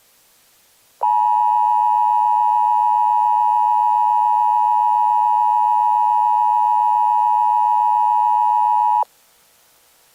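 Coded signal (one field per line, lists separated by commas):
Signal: Emergency Alert System (SAME) tones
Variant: 853 and 960 Hz attention tone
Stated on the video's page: Mock, hypothetical tornado warning for the Charlotte area, not a real alert.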